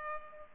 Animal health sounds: mosquito wingbeat signal from an infrared sensor; Culex pipiens

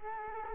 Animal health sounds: mosquito wingbeat signal from an infrared sensor; Culex quinquefasciatus

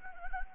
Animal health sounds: mosquito wingbeat signal from an infrared sensor; Anopheles gambiae

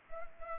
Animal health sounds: mosquito wingbeat signal from an infrared sensor; Culex pipiens

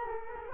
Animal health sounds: mosquito wingbeat signal from an infrared sensor; Culex quinquefasciatus

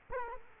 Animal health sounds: mosquito wingbeat signal from an infrared sensor; Culex quinquefasciatus

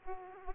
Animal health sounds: mosquito wingbeat signal from an infrared sensor; Aedes aegypti

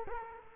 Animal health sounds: mosquito wingbeat signal from an infrared sensor; Culex quinquefasciatus

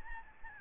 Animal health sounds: mosquito wingbeat signal from an infrared sensor; Aedes albopictus

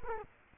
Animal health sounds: mosquito wingbeat signal from an infrared sensor; Culex quinquefasciatus

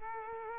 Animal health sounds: mosquito wingbeat signal from an infrared sensor; Culex quinquefasciatus

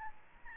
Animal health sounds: mosquito wingbeat signal from an infrared sensor; Aedes albopictus

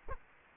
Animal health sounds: mosquito wingbeat signal from an infrared sensor; Culex quinquefasciatus

